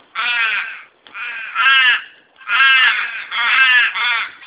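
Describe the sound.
Raven giving harsh, hoarse croaking calls, several drawn-out rasping notes in quick succession, each around half a second to a second long, with short gaps between them.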